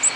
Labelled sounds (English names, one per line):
Ovenbird flight call